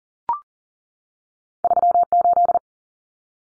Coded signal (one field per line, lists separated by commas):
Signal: Morse code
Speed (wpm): 40 wpm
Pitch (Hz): 700 Hz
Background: none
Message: 38